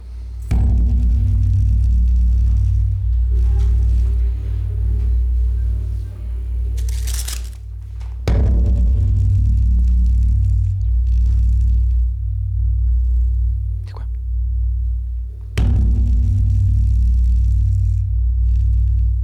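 Thumb taps on cigarette rolling paper over a metal staircase, heard as a loud, deep, pulsing rumble with a few sharp, crackling hits that recur every several seconds. No voices.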